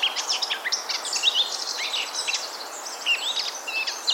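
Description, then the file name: Eurasian blackcap song: fast, varied warbling with sharp chips mixed with short slurred whistles that dip and rise, continuing steadily. "Sylvia atricapilla"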